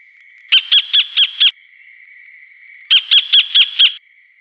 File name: sacred Kingfisher